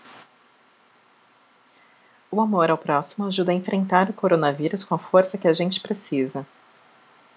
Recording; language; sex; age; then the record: spoken sentence; Brazilian Portuguese; female; 30 to 39 years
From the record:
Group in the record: control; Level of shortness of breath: 0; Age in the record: 31 years